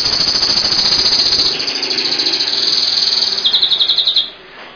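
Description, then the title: Bird song: a continuous dense, buzzy high trill that shifts speed partway through, with a rougher, noisy undertone, fading out at the close. Masteran bird song. "LuckyBurung MasteranBest"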